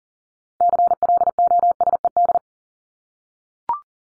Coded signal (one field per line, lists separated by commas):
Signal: Morse code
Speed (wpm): 40 wpm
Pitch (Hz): 700 Hz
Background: none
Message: CLOSED